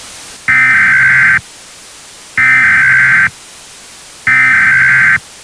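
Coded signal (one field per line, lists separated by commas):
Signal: Emergency Alert System (SAME) tones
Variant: header bursts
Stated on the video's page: Fictional EAS scenario set in the 90s with analog radio and recording.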